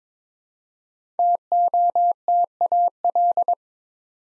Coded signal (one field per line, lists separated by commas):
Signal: Morse code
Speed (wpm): 22 wpm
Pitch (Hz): 700 Hz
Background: none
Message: TOTAL